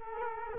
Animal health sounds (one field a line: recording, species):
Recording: mosquito wingbeat signal from an infrared sensor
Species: Culex quinquefasciatus